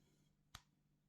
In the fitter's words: beautiful shoes on that snap right in.